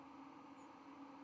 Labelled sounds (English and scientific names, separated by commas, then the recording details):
White-throated Sparrow (Zonotrichia albicollis) flight call
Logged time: 10:04 on 31 October 2014